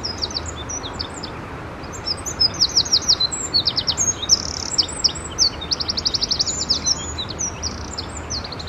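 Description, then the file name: Eurasian wren song: a rapid, high-pitched outpouring of sharp notes and fast buzzy trills, delivered in a loud continuous burst over steady background hiss. "Troglodytes troglodytes"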